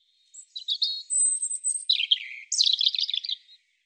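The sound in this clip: European robin song: a single phrase with a thin, high, drawn-out whistle over quiet notes, a descending slur, then a burst of rapid, jumbled trilling.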